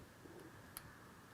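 A knurled nut is turned to unscrew the collet from the back of a milling motor held in a jig. A single sharp click sounds at 0.8 s over low background noise, showing the collet's thread has fully disengaged and the collet is released from the motor.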